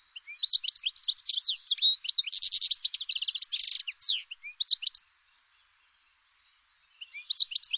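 Bird twittering: rapid high chirps and a fast buzzy trill, then a pause of about two seconds before more chirps resume.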